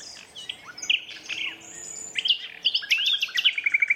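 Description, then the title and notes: Common nightingale song with whistled slurred notes and a final short series of repeated notes, rich and varied. Two competing males singing a duet at dusk in a dense thorn thicket, north Dorset countryside woodland, during the dusk chorus. "Sound Escape: An astonishing nightingale duet in a Dorset woodland. north Dorset countryside. a single nightingale starts to sing. another male. a competitive duet. BBC Countryfile Magazine's Sound Escapes"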